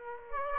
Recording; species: mosquito wingbeat signal from an infrared sensor; Aedes aegypti